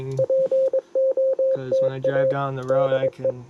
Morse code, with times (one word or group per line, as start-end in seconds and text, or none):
0.2-2.3 POTA
2.7-3.3 DE